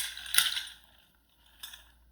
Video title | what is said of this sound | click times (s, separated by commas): FWFD Safe Baby Sleep EMS CE | all four clicked into place that's when you'll push down in the center | 0.4 s